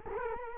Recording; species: mosquito wingbeat signal from an infrared sensor; Culex quinquefasciatus